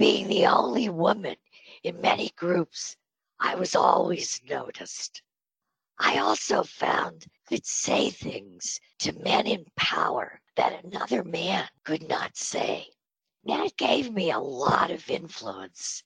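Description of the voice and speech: An adult woman speaks in fluent phrases with a low, weak, breathy-rough voice, creaky vowel endings and some devoiced sounds. Spasmodic dysphonia, treated with Botox, which gives her a breathy voice.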